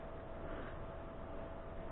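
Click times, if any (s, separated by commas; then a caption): none. A spark plug lead is handled onto the spark plug of a small 2-stroke bike engine, with a steady broadband hum and a faint high tone throughout. A brief sharp sound comes right at the end, around 2.0 seconds, but nothing has seated or clicked yet.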